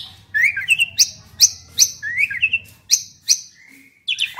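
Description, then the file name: Asian pied starling singing a looping series of whistled upslurs and sharp high notes, repeated over and over, with a faint low hum underneath. Singing persistently. "suara burung jalak suren gacor"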